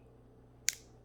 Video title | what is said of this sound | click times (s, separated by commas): Keyfob battery replacement for Audi S4 | you hear it snap | 0.7 s